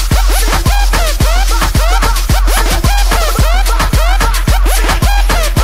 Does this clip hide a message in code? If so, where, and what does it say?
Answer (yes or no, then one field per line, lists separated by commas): no